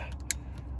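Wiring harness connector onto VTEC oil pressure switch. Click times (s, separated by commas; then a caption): 0.3 s. A wiring harness plug is pushed onto a replacement VTEC solenoid oil pressure switch on an engine, giving a short, sharp click at 0.3 s over a steady low hum and faint ticking. The connector clicks onto the switch and locks in place, fully seated.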